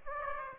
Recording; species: mosquito wingbeat signal from an infrared sensor; Aedes aegypti